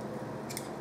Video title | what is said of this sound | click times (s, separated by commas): Delboy's Garage, USD Fork Seal Replacement | get a little screwdriver just press it down and here it snapping he that | 0.6 s